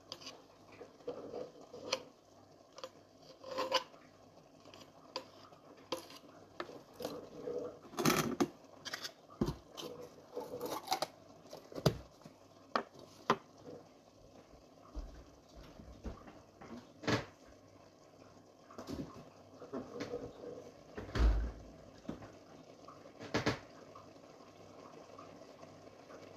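Kitchen cooking sounds with sharp, irregular knocks and clicks scattered through the clip, bunched more tightly between about 8 and 13 seconds. Under them runs a soft, steady sizzle-like hiss. Louder single hits land near 17, 21 and 23 seconds.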